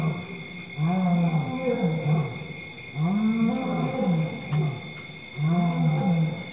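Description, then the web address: Lion giving deep moaning roars in three bouts over a constant shrill insect chorus. Lions in forest at dusk with insect chorus, Africa. "Sound Effects Library-30 (Africa- The Natural World) 13 LIONS"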